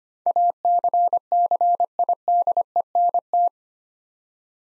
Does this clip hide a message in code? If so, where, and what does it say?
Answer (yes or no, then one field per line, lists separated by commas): yes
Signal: Morse code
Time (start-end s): 0.3-3.5 s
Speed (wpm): 25 wpm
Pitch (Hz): 700 Hz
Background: none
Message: ACCIDENT